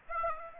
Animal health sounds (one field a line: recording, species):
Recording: mosquito wingbeat signal from an infrared sensor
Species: Aedes aegypti